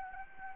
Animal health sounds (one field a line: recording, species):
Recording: mosquito wingbeat signal from an infrared sensor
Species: Anopheles gambiae